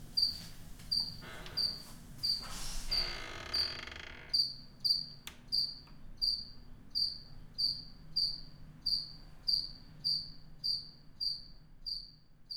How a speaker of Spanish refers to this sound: El grillo me estuvo avisando, el perro me estuvo avisando.